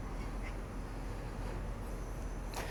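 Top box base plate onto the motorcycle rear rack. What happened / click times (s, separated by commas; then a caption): The mounting plate is being lined up, not yet locked / none. A top box base plate sits on the rear rack of a Honda PCX 160 while the alignment of the Roadsync mounting plate underneath is checked and lined up, before it is pushed back to lock. A steady low rumble continues throughout, with a faint high tone near 0.5 s and a brief bright burst around 2.6 s. Nothing has seated or clicked yet.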